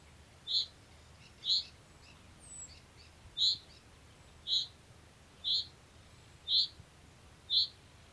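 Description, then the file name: Common chaffinch repeating a short high call note roughly once per second, seven times. "Fringilla coelebs"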